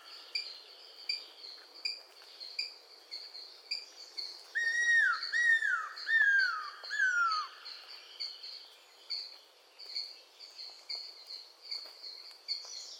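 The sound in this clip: Cuckoo-roller calling: a run of about five clear whistled notes in quick succession, each sliding downward, over a steady high background drone.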